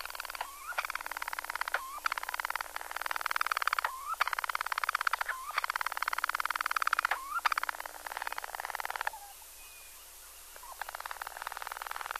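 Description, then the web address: Ashy storm-petrel song: long, buzzy purring churrs, each ending in a short rising hiccup note, with a brief pause near the end. "Songs of Birds of North America Stokes. Ashy Storm-Petrel"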